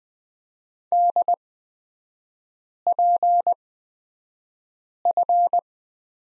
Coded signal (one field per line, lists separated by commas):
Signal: Morse code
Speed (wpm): 20 wpm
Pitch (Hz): 700 Hz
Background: none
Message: DPF